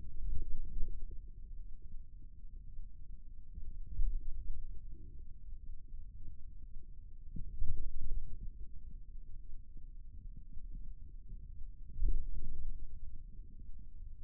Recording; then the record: forearm muscle sounds (acoustic myography)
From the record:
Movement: ulnar deviation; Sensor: system 2, bracelet of six BSWA MPA416 microphones around the upper forearm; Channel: 3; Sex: male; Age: 22 years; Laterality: right